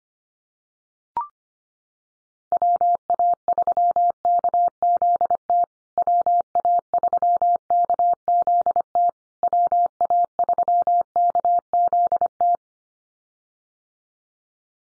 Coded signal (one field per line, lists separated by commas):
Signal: Morse code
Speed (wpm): 25 wpm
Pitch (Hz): 700 Hz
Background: none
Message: WA3KZT WA3KZT WA3KZT